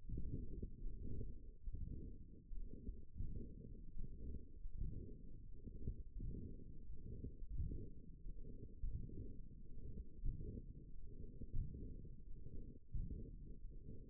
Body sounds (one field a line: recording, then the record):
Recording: forearm muscle sounds (acoustic myography)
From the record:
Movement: forearm supination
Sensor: system 1, eight BSWA MPA416 microphones around the upper forearm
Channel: 1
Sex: male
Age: 23 years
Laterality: right